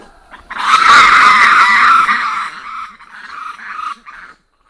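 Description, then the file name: Black lemur giving a loud, harsh, drawn-out cry that fades, then two shorter rough calls. Recorded at Ambato, Madagascar. "Emacaco Ambato"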